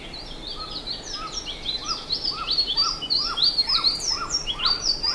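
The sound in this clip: Bird giving rising-falling notes in quick succession while higher, squeaky chirps from other birds rise and fall above them.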